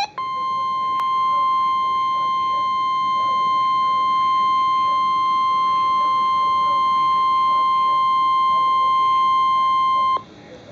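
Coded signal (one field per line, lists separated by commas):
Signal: Emergency Alert System (SAME) tones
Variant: 1050 Hz attention tone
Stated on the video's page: Real NOAA Weather Radio broadcast of a Severe Thunderstorm Warning.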